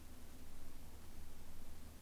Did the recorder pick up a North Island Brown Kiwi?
no